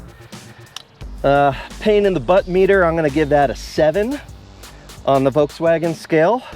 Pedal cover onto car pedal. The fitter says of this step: snaps in place so